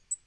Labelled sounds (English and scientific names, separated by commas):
Black-throated Green Warbler (Setophaga virens) flight call